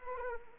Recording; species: mosquito wingbeat signal from an infrared sensor; Anopheles arabiensis